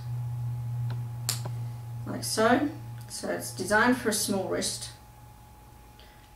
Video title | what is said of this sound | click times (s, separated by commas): UNBAGGING - Diamond painting - Off the canvas items | you to stick it on and you wrap it around your wrist and click into place | 1.3 s